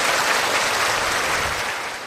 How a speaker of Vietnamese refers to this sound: Xin quý vị hãy cho một tràng pháo tay để chào đón các vị.